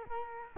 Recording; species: mosquito wingbeat signal from an infrared sensor; Culex quinquefasciatus